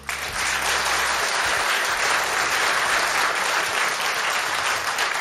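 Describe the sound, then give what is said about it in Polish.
Sustained applause from an audience at a Polish Radio Trójka celebration, a dense, steady wash of many hands clapping at an even, fairly loud level throughout, with no voices standing out. “Brawa.”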